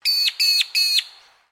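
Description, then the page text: Magpie-lark calling three loud, harsh, ringing notes in quick succession, each about a quarter second long, the last fading away; no other sounds. Call recorded in Queensland; the bird is also known as the peewee. "Bird Magpie Lark (Peewee) Call 01. Birds in Queensland"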